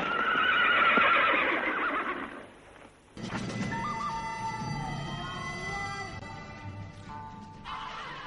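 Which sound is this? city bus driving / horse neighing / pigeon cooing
horse neighing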